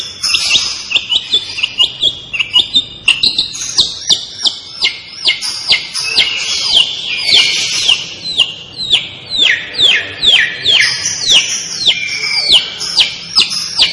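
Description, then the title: Long-tailed shrike delivering a dense, continuous song of quick downslurred whistles and chattering notes that vary in pitch throughout. Described as 'gacor', meaning the bird sings actively and continuously. "Cendet Gacor"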